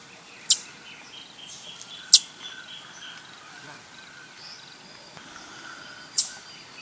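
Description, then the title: Rufous-headed tanager calls: three brief, piercing high ticks, widely spaced, with a soft background hiss in between. Nominate subspecies Hemithraupis ruficapilla ruficapilla. "LuckyPassaro Completos2Sama. Rufous-headed Tanager (Hemithraupis ruficapilla ruficapilla)"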